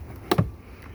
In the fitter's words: nice and clicked in